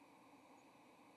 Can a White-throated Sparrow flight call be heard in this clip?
no